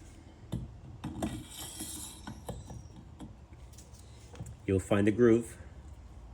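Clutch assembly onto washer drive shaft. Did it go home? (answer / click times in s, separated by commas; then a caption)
no / none. A replacement clutch assembly for a Whirlpool/Kenmore washer that is not spinning and leaves clothes wet is slid onto the washer drive shaft and turned to line it up with the groove. Soft rubbing and sliding sounds are broken by brief sharp knocks around 0.5, 1.0, 1.2, 2.3 and 2.5 seconds, and someone talks near the end. Nothing has seated or clicked yet.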